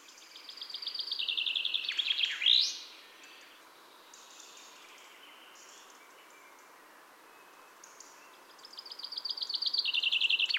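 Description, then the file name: Common chaffinch singing twice: a descending trill ending in an emphatic flourish, a quiet gap of several seconds, then a fresh trill beginning. "Fringilla coelebs"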